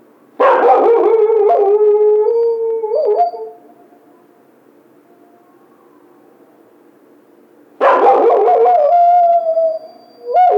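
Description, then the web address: Coyote howls in two loud bursts, a wavering sustained tone near mid pitch with harsh yipping onsets, separated by several seconds of quiet, with a third starting at the end. Recorded 16 March 2010. "Coyote 2010 03 16 howl"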